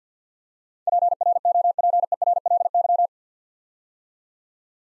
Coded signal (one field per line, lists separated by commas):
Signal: Morse code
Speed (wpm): 52 wpm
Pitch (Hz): 700 Hz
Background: none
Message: PROPERLY